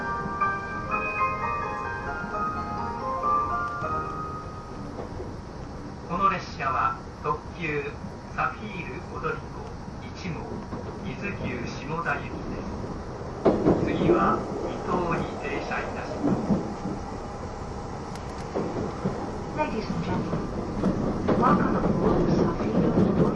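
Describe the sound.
A recording of the E261 series Saphir Odoriko No. 1 train. A short chime-like melody plays for the first five seconds, then voices come in bursts over a low rumble. From about 13 seconds a louder, heavier rumble takes over and carries on to the end.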